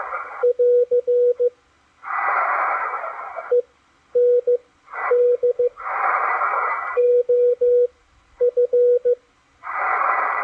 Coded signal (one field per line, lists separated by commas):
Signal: Morse code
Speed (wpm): 15 wpm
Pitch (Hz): 490 Hz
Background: radio noise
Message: <AR> END OF